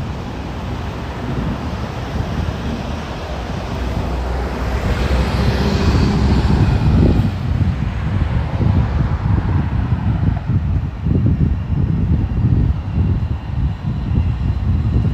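Walking in Ramat Aviv, Israel: a dense, low rumble of wind and traffic, with a vehicle swelling past midway, then gusty buffeting.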